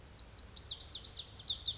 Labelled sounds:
Pacific Wren

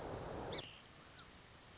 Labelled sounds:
Song Sparrow

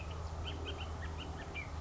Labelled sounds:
Bullock's Oriole

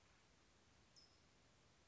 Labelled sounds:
California Towhee

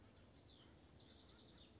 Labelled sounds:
House Wren

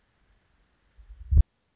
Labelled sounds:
Anna's Hummingbird

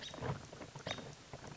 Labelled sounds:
American Robin

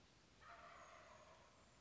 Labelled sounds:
Wild Turkey

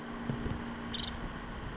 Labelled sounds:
Nuttall's Woodpecker

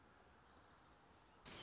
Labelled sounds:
Orange-crowned Warbler

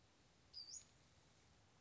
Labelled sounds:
Western Flycatcher

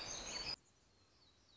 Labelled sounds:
Black-throated Gray Warbler

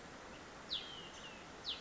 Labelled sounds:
Olive-sided Flycatcher

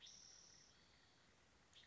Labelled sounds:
Spotted Towhee

